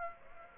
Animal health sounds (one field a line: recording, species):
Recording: mosquito wingbeat signal from an infrared sensor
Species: Aedes aegypti